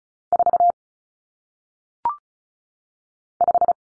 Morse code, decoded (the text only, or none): 4 5